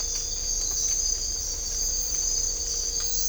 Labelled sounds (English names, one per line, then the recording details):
none
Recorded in dense forest near Puerto Asís, Putumayo, Colombia, on 18 December 2024 at 03:30
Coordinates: 0.500, -76.322
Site G053